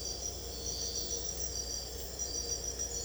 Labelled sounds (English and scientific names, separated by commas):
none